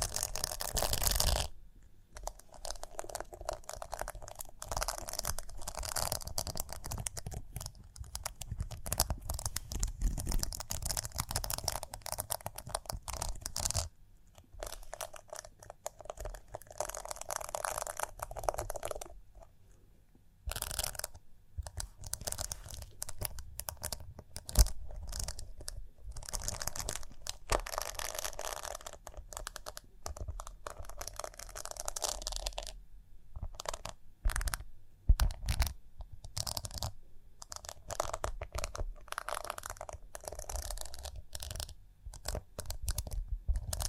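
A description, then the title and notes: Busy tapping, scratching and brushing on rhinestones, with dense crisp crackles and crinkly rustles running almost nonstop. Brief silent gaps break the texture near 2, 14, 20 and 33 seconds, and a few sharper taps stand out around 25 and 35 seconds. ASMR Relaxing Rhinestone Tapping, Scratching, Brushing (No Talking).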